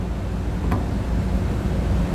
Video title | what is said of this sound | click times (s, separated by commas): Installation Guide for the Firestone Ride-Rite Air Helper Springs on a 2008 Dodge Ram Pickup | gonna push it directly in making sure that it bottoms out all the way and give it a quick tug to make sure it locks into place | 0.7 s